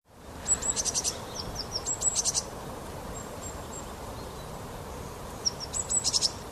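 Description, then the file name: Great tit calling with high thin notes and brief buzzy rattles, two bursts close together and another near the end, against constant soft background noise. "Parus major"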